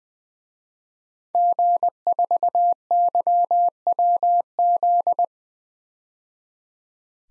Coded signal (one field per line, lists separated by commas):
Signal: Morse code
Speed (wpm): 20 wpm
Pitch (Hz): 700 Hz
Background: none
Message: G4YWZ